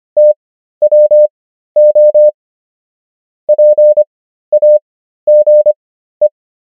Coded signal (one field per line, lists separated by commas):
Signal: Morse code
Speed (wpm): 25 wpm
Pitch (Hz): 600 Hz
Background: none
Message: TWO PAGE